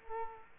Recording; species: mosquito wingbeat signal from an infrared sensor; Culex quinquefasciatus